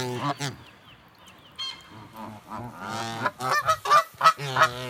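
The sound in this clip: Canada goose: canada geese honking, harsh nasal calls in overlapping bursts, a couple of loud honks at the start, a quieter stretch, then a busy run of loud honks in the last two seconds.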